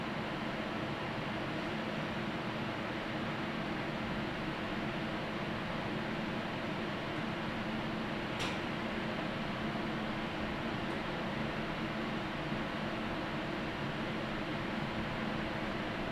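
Steady, dense rumble inside a train from Yamakita to Gotemba, with a low hum and one brief sharp click near the middle.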